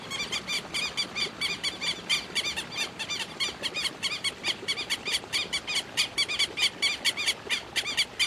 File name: canto do quero quero